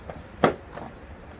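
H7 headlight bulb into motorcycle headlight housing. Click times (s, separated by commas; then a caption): 0.4 s. A replacement H7 low beam bulb is pushed into the headlight housing of a Honda CBR500R motorcycle and locked in place. A single sharp click at 0.4 s stands out over low background noise, with a few fainter knocks around it. The bulb is seated and locked in the housing.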